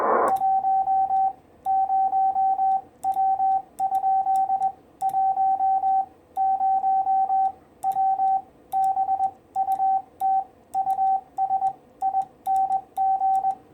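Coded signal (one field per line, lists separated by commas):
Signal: Morse code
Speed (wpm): 21 wpm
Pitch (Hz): 770 Hz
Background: radio noise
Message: 10W? 10W BUT USING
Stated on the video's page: 40m amateur CW QSO via a 6-foot-high end-fed half-wave with 81:1 unun, 10 W rising to 100 W, weak signals around 579-589.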